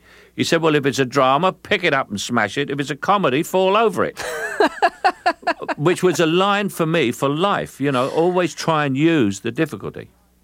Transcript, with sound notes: He said, well, if it's a drama, pick it up and smash it. If it's a comedy, fall over it.
(Laughter).
Which was a line for me for life. You know, always try and use the difficulty.